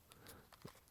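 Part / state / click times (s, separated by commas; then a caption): retention strap snap on a pistol holster / not seated / none. A retention strap snap is handled over a Polymer80C pistol seated in its holster, giving a few faint, short handling ticks around 0.1, 0.3 and 0.5 s and a soft low thump near 0.65 s. The snap has not closed or clicked yet when the clip ends.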